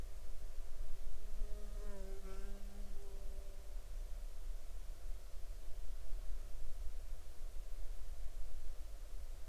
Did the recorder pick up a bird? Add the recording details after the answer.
no. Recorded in the Arctic National Wildlife Refuge, Alaska, on 18 July 2019 at 18:59. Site 38